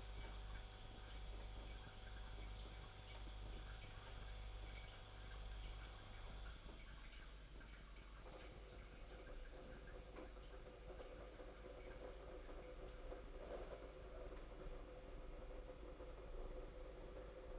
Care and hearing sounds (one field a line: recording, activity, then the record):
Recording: daily activity, microphone in the room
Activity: make coffee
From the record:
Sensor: 5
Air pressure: 991.9 hPa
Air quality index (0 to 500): 165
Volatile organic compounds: 384 ppm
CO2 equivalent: 4644 ppm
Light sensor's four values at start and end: 32/108/40/43 and 32/108/40/43